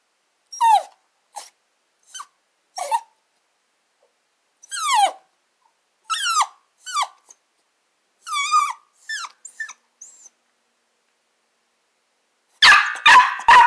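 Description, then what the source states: Small dog giving high, whining yelps and short barks in scattered bursts, pitch sliding downward, ending with a cluster of harsher barks. Small dog barking, with a piercing echo.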